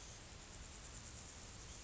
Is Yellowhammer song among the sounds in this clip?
no